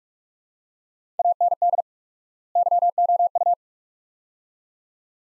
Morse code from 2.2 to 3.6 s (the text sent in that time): YOU